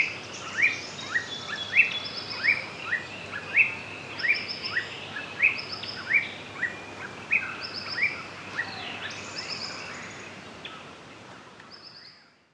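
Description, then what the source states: Tawny-breasted honeyeater calling in a steady series of short notes, which stop before the end as soft hiss fades out. Recorded in Papua New Guinea.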